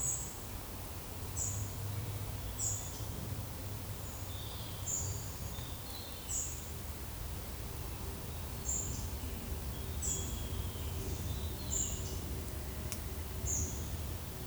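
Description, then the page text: Common noctule echolocation calls: short, sharp, high chirps that sweep downward, repeated at uneven intervals. Steady low rumbling background noise throughout. Recorded 2 July 2024 at 03:00 at night by passive acoustic monitoring in a forest monitoring project. "Nyctalus noctula"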